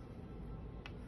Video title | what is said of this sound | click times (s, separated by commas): Convertible Pendant Instructions | and so there see it snapped on | 0.9 s